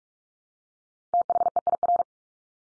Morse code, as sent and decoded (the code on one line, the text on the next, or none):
- .... . .. .-.
THEIR